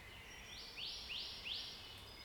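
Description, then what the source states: Bird song: three quick, bright upslurred whistles, about a third of a second apart, over a soft low background hiss. Recorded in a forest.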